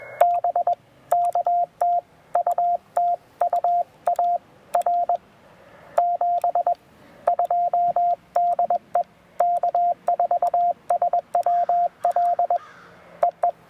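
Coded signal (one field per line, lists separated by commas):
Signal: Morse code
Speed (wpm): 21 wpm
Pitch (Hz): 700 Hz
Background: radio noise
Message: BK TU TU AR 72 DE K4SWL EE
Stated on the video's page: Morse sent with a double paddle on a Penntek TR-45L during a POTA park activation, using a 40-meter end-fed half-wave antenna and battery power.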